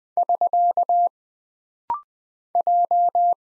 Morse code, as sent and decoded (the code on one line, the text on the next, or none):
...-.- / .---
<SK> J